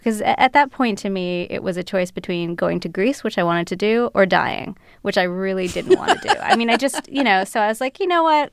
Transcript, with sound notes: Because at that point, to me, it was a choice between going to Greece - which I wanted to do - or dying, which I really didn't want to do.
(LAUGHTER) I mean, I just, you know, so I was, like, you know what?